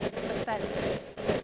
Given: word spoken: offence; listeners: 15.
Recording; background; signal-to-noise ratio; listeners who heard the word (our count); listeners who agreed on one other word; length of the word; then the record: one English word in noise, from a listening test; noise modulated by three-talker babble; -6.1 dB; 4 of 15; 8 of 15; 1.04 s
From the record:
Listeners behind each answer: 8, 4, 2, 1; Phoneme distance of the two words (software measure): 7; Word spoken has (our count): 2 syllables, 5 phonemes, stress on syllable 2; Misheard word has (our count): 1 syllable, 4 phonemes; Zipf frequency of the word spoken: 4.25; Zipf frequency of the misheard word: 4.31